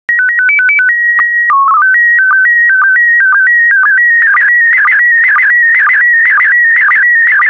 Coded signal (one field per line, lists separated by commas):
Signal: SSTV (slow-scan television)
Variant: PD 120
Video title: 150064 Autumn SSTV PD120